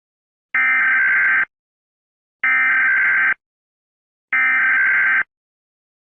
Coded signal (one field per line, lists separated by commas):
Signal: Emergency Alert System (SAME) tones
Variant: header bursts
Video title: The sounds of hell EAS